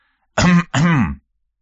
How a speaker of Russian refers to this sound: Бестужев-старший резко развернулся, услышав покашливание.